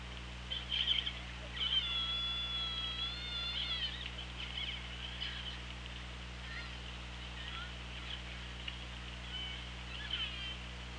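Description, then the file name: Killer whale calls: a long, drawn-out harmonic call held steady for about two seconds, followed by fainter wavering calls, over constant underwater hiss and low hum. OrcaLab hydrophone, 24 August 2017, around 17:04. "Orca Lab UTLN JASON 20170824 170442"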